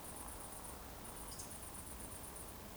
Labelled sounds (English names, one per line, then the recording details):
Eurasian Woodcock whistle
Eurasian Woodcock croak
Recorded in Baden-Württemberg, Germany, on 24 June 2020 at 20:20 UTC
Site 14569, 102 m above sea level